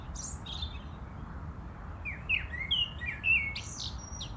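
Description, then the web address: European robin giving a brief burst of high, sweet, tumbling notes, over a low background hiss. "rotkehlchen"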